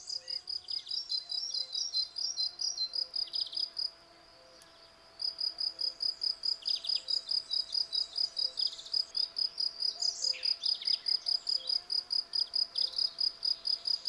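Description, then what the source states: Field cricket chirping continuously in quick regular pulses, pausing for about a second, then resuming, with scattered bird calls throughout. Several field crickets singing in a garden lawn at Val Maravel on 18 April 2020, for three days; freshly new wings give clear stridulation; Nagra Seven recorder with cardioid MKH40 microphone.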